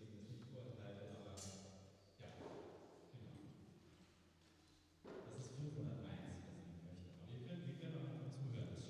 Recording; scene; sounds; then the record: everyday scene through a hearing-aid microphone; reverberant space; speech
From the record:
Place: church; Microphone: in the ear canal, right